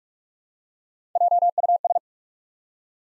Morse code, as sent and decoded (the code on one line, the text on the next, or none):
.--- ..- ...
JUS